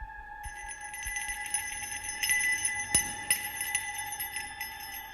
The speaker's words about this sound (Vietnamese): Vừa dứt câu thì kỳ quái, cái chuông ở trên quan tài tự nhiên chẳng có ai động vào mà đổ cành ra, rồi sau đó cứ rung lên leng ca leng keng.